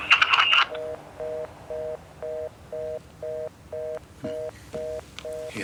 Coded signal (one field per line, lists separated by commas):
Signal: telephone call progress tone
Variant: North America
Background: speech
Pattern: reorder tone